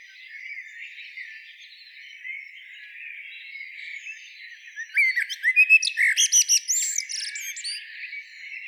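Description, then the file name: Common blackbird calling, a soft continuous chattering, then a rapid burst of sharp, loud, clipped notes in the second half. "Turdus merula"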